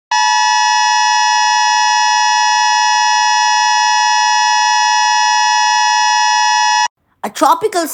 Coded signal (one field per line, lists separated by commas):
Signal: Emergency Alert System (SAME) tones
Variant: 853 and 960 Hz attention tone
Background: speech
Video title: EAS Alarm and Announcements for Tropical Storm (Hurricane Hilary) in California and Baja